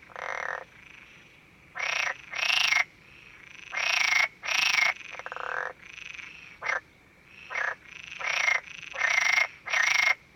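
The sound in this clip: Frog croaking loudly in rasping bursts of varied length, sometimes doubled, with a continuous high hum in the background.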